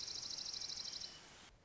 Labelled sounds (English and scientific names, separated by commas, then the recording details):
Dark-eyed Junco (Junco hyemalis)
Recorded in Sonoma County, California